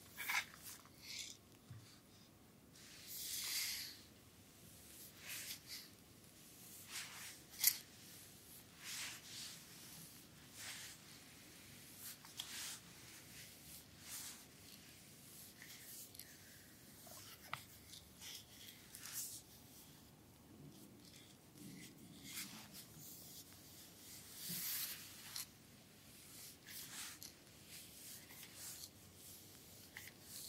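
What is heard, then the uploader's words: A full body massage with bamboo: soft, steady rubbing murmurs underneath while brief brushing swishes and light taps break in irregularly every second or two. A few longer, brighter sweeps stand out around 3 and 25 seconds. No voice is heard. ASMR Full body massage with bamboo.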